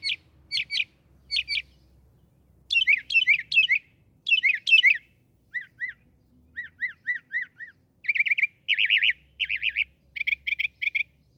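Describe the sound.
Northern mockingbird singing a medley, sharp chips, then twittery phrases, then slurred whistled notes in a row, ending with fast buzzy trills repeated several times.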